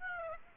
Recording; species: mosquito wingbeat signal from an infrared sensor; Aedes aegypti